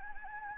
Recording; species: mosquito wingbeat signal from an infrared sensor; Anopheles gambiae